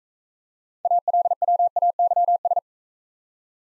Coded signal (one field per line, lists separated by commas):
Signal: Morse code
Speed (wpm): 44 wpm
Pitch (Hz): 700 Hz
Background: none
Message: ALWAYS